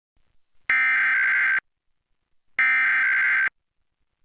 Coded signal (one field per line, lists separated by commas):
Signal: Emergency Alert System (SAME) tones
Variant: header bursts